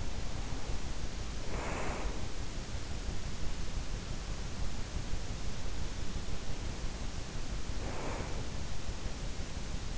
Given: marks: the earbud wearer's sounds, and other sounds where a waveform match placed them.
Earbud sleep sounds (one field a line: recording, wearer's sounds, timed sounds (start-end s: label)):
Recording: sounds in sleep by an in-ear microphone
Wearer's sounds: breath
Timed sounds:
0.00-2.62 s: breath
7.43-8.83 s: breath